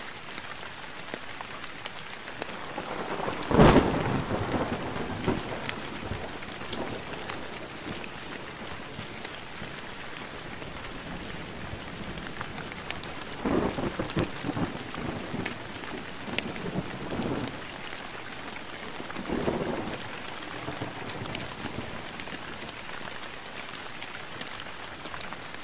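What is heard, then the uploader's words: Fierce thunder cracks loudly near the start, at about four seconds, then rumbles and rolls on through the rest of the clip with lower swells around fourteen, seventeen and twenty seconds. Steady, dense rain hisses underneath throughout. Thunder Fierce - Shannon, Ireland.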